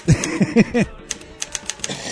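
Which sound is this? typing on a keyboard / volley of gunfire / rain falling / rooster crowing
typing on a keyboard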